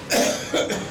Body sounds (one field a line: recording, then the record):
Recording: coughing mixed with background sound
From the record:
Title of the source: Spring Cold Coughing 3